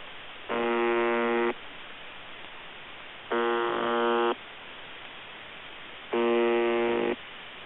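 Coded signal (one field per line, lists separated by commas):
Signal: channel marker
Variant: UVB-76 (The Buzzer)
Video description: UVB-76 "The Buzzer" sounds a bit broken. Received in Denmark with Airspy HF+ and Gqrx SDR on 2017-10-21 23:53z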